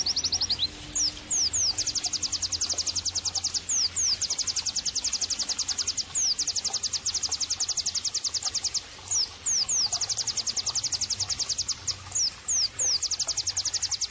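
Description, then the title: White-eye song: a long, high, rattling trill of repeated short notes with occasional swooping whistles and brief pauses, over a low background hum. Vigorous 'gacor' white-eye singing, used as masteran bird-training audio. "terapi pleci dextro 87"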